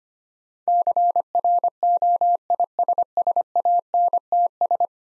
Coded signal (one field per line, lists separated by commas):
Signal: Morse code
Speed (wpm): 25 wpm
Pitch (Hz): 700 Hz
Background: none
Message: CROISSANTS